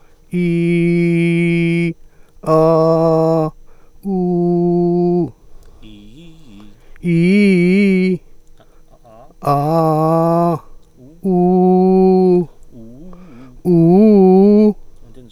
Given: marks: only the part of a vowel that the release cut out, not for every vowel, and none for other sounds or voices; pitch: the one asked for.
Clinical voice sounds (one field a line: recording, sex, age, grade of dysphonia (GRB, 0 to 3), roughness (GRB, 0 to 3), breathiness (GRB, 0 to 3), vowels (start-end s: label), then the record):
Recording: sustained vowels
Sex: male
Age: 30 to 39 years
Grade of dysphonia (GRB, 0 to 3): 1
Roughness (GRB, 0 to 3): 1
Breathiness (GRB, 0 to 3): 0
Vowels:
0.48-1.81 s: vowel /i/, high pitch
2.54-3.39 s: vowel /a/, high pitch
4.16-5.16 s: vowel /u/, high pitch
7.13-8.07 s: vowel /i/, low-high-low pitch
9.54-10.47 s: vowel /a/, low-high-low pitch
13.74-14.63 s: vowel /u/, low-high-low pitch
From the record:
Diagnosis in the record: healthy voice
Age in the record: 34 years